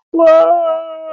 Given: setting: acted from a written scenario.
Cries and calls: vocal sound without words; positive surprise

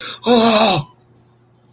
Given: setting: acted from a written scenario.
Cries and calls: vocal sound without words; fear

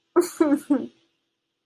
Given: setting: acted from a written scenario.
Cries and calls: vocal sound without words; guilt

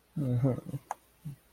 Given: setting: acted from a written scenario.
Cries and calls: vocal sound without words; sadness

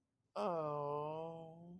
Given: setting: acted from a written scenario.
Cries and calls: vocal sound without words; guilt

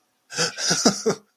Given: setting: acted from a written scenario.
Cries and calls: vocal sound without words; positive surprise

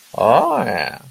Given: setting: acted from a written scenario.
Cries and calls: vocal sound without words; romantic love

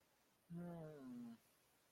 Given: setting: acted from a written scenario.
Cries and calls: vocal sound without words; contempt

